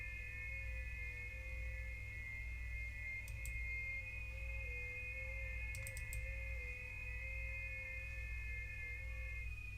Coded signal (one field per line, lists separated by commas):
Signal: FT8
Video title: 30 METER MAGNETIC LOOP (HOMEBREW)!